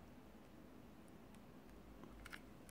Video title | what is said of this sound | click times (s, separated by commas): Podofo Car DVR (Camcorder) - Unpackaging, First Opinion & Review (part 1) | it doesn't click ok | none